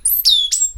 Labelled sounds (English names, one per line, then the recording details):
Stitchbird song
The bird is a male
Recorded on Tiritiri Matangi Island, New Zealand, in 2005
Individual 10, of nest box 12